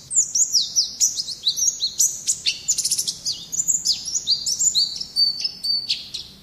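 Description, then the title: White-eye song, a fast continuous stream of high, thin chirps and slurred whistles tumbling over each other without pause. Songbird singing in the ngalas style. "Pleci ngalas"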